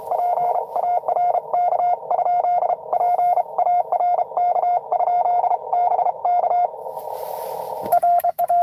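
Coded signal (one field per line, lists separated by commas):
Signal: Morse code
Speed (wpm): 32 wpm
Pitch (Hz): 710 Hz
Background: radio noise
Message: PARK? PARK? BK RA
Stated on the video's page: Live CW Parks on the Air activation at US-2147 during a 12 days of Christmas event.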